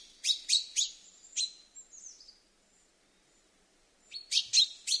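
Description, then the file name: Common chaffinch giving rapid sharp chip notes, a short series of fainter thin notes, a pause, then another quick burst of high chips. "Fringilla coelebs"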